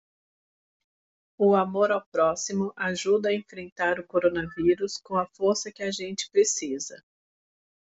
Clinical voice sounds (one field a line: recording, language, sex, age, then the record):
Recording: spoken sentence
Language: Brazilian Portuguese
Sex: female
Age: 40 to 49 years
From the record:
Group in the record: control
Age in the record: 43 years